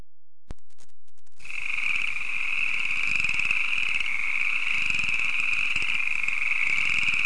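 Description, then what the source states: Frogs croaking in a dense, continuous chorus of rapid trilling pulses after a brief silent start, with a few faint clicks at the beginning. Various frogs croaking at a pond.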